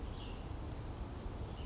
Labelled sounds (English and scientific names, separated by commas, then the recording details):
Cassin's Vireo (Vireo cassinii)
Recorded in Sonoma County, California